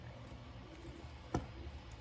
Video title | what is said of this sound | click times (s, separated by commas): Audi RS5 Front Brake Pad Change (Part 1)(B9.5/9) | Well, it didn't really click, but it's nice and tight in there. | none